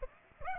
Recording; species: mosquito wingbeat signal from an infrared sensor; Aedes aegypti